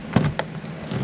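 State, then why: Not seated. A plastic driver door trim panel is pressed onto the car door frame so its clips engage, with short knocks near 0.2 and 0.4 seconds over a low rumble. The clips fail to snap in and nothing has seated or clicked yet, because a tab had to be folded inside the panel first.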